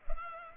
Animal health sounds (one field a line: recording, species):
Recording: mosquito wingbeat signal from an infrared sensor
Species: Culex pipiens